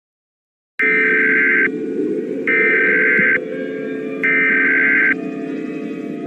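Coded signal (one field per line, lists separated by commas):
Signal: Emergency Alert System (SAME) tones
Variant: header bursts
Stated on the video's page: Fictional EAS scenario, simulated and remastered.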